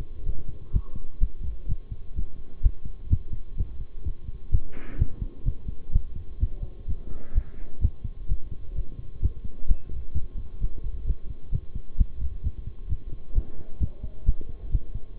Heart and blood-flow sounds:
heart sounds by stethoscope; between the tricuspid and mitral areas; 129 bpm
0.26 s: heartbeat
0.73 s: heartbeat
1.21 s: heartbeat
1.68 s: heartbeat
2.16 s: heartbeat
2.63 s: heartbeat
3.10 s: heartbeat
3.58 s: heartbeat
4.05 s: heartbeat
4.52 s: heartbeat
4.98 s: heartbeat
5.45 s: heartbeat
5.93 s: heartbeat
6.40 s: heartbeat
6.88 s: heartbeat
7.35 s: heartbeat
7.81 s: heartbeat
8.29 s: heartbeat
8.76 s: heartbeat
9.22 s: heartbeat
9.68 s: heartbeat
10.14 s: heartbeat
10.61 s: heartbeat
11.07 s: heartbeat
11.52 s: heartbeat
11.98 s: heartbeat
12.44 s: heartbeat
12.89 s: heartbeat
13.35 s: heartbeat
13.80 s: heartbeat
14.26 s: heartbeat
14.72 s: heartbeat
15.18 s: heartbeat
From the record:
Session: bicycle stress test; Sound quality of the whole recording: good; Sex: male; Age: 23 years

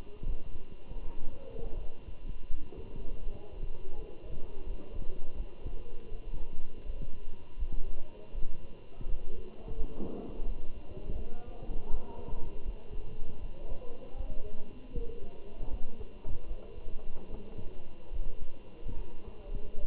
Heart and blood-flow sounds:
heart sounds by stethoscope; between the tricuspid and mitral areas; 80 bpm
0.25 s: heartbeat
1.02 s: heartbeat
1.78 s: heartbeat
2.50 s: heartbeat
3.23 s: heartbeat
3.95 s: heartbeat
4.66 s: heartbeat
5.36 s: heartbeat
6.11 s: heartbeat
6.85 s: heartbeat
7.58 s: heartbeat
8.34 s: heartbeat
9.08 s: heartbeat
9.76 s: heartbeat
10.46 s: heartbeat
11.18 s: heartbeat
11.90 s: heartbeat
12.64 s: heartbeat
13.41 s: heartbeat
14.16 s: heartbeat
14.94 s: heartbeat
15.70 s: heartbeat
16.47 s: heartbeat
17.30 s: heartbeat
18.12 s: heartbeat
18.96 s: heartbeat
19.79 s: heartbeat
From the record:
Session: Bruce protocol treadmill stress test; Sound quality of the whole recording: good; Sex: male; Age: 27 years

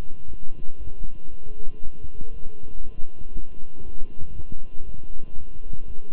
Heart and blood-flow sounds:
heart sounds by stethoscope; between the tricuspid and mitral areas; 118 bpm
0.28 s: heartbeat
0.78 s: heartbeat
1.30 s: heartbeat
1.81 s: heartbeat
2.32 s: heartbeat
2.83 s: heartbeat
3.33 s: heartbeat
3.84 s: heartbeat
4.35 s: heartbeat
4.85 s: heartbeat
5.35 s: heartbeat
5.86 s: heartbeat
From the record:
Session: walking at 3.7 km/h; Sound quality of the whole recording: good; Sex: male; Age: 23 years

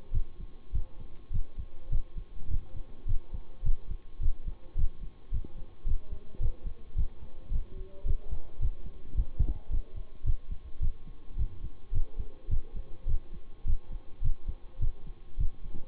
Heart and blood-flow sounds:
heart sounds by stethoscope; between the tricuspid and mitral areas; 106 bpm
0.12 s: heartbeat
0.73 s: heartbeat
1.31 s: heartbeat
1.90 s: heartbeat
2.49 s: heartbeat
3.07 s: heartbeat
3.64 s: heartbeat
4.20 s: heartbeat
4.76 s: heartbeat
5.31 s: heartbeat
5.86 s: heartbeat
6.40 s: heartbeat
6.96 s: heartbeat
7.51 s: heartbeat
8.05 s: heartbeat
8.59 s: heartbeat
9.15 s: heartbeat
9.70 s: heartbeat
10.24 s: heartbeat
10.80 s: heartbeat
11.37 s: heartbeat
11.92 s: heartbeat
12.49 s: heartbeat
13.07 s: heartbeat
13.65 s: heartbeat
14.22 s: heartbeat
14.80 s: heartbeat
15.38 s: heartbeat
From the record:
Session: bicycle stress test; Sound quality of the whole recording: good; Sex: male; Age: 26 years

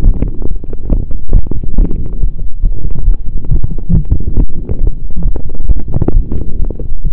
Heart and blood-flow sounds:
heart sounds by stethoscope; between the tricuspid and mitral areas; 137 bpm
0.05 s: heartbeat
0.48 s: heartbeat
0.91 s: heartbeat
1.34 s: heartbeat
1.78 s: heartbeat
2.21 s: heartbeat
2.64 s: heartbeat
3.07 s: heartbeat
3.49 s: heartbeat
3.93 s: heartbeat
4.38 s: heartbeat
4.81 s: heartbeat
5.25 s: heartbeat
5.70 s: heartbeat
6.15 s: heartbeat
6.60 s: heartbeat
7.05 s: heartbeat
From the record:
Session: pedaling a stationary bicycle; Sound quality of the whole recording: saturated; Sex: male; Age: 23 years

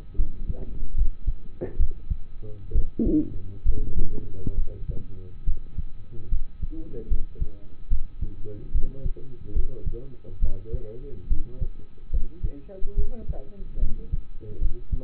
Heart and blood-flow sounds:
heart sounds by stethoscope; between the tricuspid and mitral areas; 71 bpm
0.16 s: heartbeat
0.95 s: heartbeat
1.77 s: heartbeat
2.73 s: heartbeat
3.63 s: heartbeat
4.55 s: heartbeat
5.45 s: heartbeat
6.29 s: heartbeat
7.08 s: heartbeat
7.89 s: heartbeat
8.72 s: heartbeat
9.53 s: heartbeat
10.40 s: heartbeat
11.28 s: heartbeat
12.10 s: heartbeat
12.95 s: heartbeat
13.79 s: heartbeat
14.59 s: heartbeat
From the record:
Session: rest, lying down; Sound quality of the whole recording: partially saturated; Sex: male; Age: 27 years

